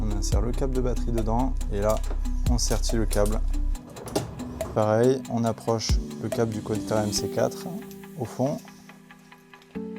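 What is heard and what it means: Someone talks over background music while a crimped battery cable pin is handled and brought toward the back of an MC4 solar connector housing, and a few soft ticks are heard near the end. Nothing has seated or clicked yet; the pin is not yet home.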